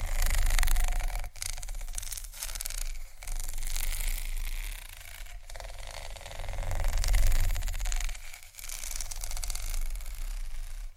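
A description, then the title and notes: Scratching and tapping on textured surfaces: a dense, bright crackling scratch runs almost without pause, swelling and easing in waves. Brief gaps break it near 1, 2, 5 and 8.5 seconds, and a steady low hum sits underneath throughout. ASMR Scratch & Tap On Tingly Textures（No Talking）.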